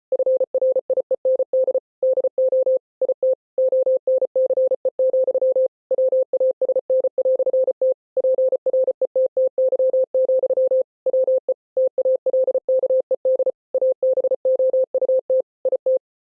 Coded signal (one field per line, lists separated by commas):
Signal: Morse code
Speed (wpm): 33 wpm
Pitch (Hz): 520 Hz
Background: none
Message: FRIEND DO IT ONCE, WASN"T PRETTY, WE TALKED ABOUT IT